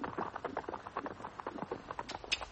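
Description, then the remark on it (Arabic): Horse hooves clip-clop in a steady, quick rhythm as a horse pulls a hantour (horse-drawn carriage) carrying a passenger along a narrow, bumpy road toward a village, each hoofbeat a sharp, moderately loud knock with no voices. “خد حنطور يا بيه.”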